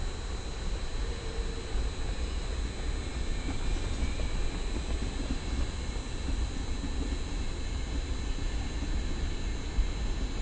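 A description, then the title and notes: Trains recorded in the field, heard as a steady, dense rumble heavy in the low end that holds level for the whole stretch. Over it sits a constant electrical hiss with a few thin, high whining tones, and faint brief crackles scattered throughout. Field recording of Helsinki trains overlaid by electrostatic sounds.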